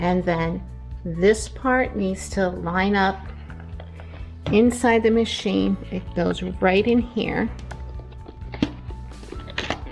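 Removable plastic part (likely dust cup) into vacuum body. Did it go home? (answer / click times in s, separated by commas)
yes / 9.6 s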